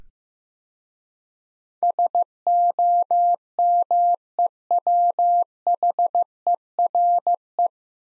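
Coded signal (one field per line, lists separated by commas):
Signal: Morse code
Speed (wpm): 15 wpm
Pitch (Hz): 700 Hz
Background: none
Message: SOMEWHERE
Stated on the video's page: Morse practice at 15 wpm: nine-letter words, each sent, then spoken, then sent again.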